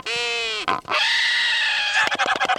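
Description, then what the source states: Snowy albatross gives a richly harmonic call, a brief noisy break, then a long drawn-out nasal note ending in a rapid series of clattering pulses. Snowy albatross, formerly known as the wandering albatross.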